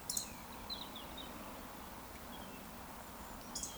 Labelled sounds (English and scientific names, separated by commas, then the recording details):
Eurasian Woodcock (Scolopax rusticola) whistle
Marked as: whistle, whistle
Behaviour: display flight
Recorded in Baden-Württemberg, Germany, on 14 June 2020 at 20:05 UTC
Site 14569, 102 m above sea level